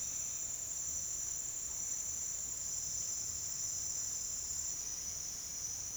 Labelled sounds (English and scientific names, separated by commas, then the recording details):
none
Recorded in secondary vegetation near Puerto Asís, Putumayo, Colombia, on 22 June 2025 at 08:00
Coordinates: 0.485, -76.322
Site GP06